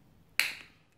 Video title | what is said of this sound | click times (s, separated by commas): Acura ILX Key Fob Battery Replacement (2013 - 2015) | hear that click and the two parts comfort now | 0.4 s